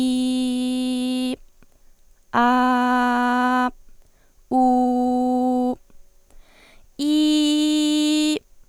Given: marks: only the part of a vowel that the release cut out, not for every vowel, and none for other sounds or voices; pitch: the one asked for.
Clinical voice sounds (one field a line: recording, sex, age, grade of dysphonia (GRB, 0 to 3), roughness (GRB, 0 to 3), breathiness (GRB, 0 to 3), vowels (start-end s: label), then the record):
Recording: sustained vowels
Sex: female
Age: 18 to 19 years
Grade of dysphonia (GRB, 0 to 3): 0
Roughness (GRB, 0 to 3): 0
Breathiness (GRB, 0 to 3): 0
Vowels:
0.00-1.13 s: vowel /i/, normal pitch
2.48-3.51 s: vowel /a/, normal pitch
4.73-5.66 s: vowel /u/, normal pitch
7.12-8.28 s: vowel /i/, high pitch
From the record:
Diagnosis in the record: healthy voice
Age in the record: 19 years